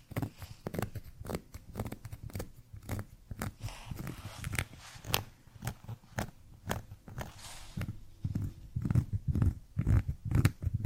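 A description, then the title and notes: Scratching on cork, a quick uneven series of sharp scrapes and taps with dull low thumps, growing heavier toward the end. Scratching on Cork (NO TALKING).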